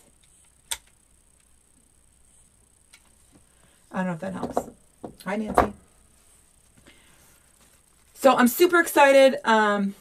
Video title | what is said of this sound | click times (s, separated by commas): How to make a Pancake Wreath for St. Patrick’s Day | and then you gotta push it all the way until it clicks i | 0.7 s